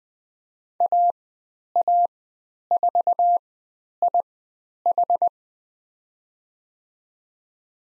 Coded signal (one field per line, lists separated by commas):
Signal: Morse code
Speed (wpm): 20 wpm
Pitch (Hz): 700 Hz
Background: none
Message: AA4IH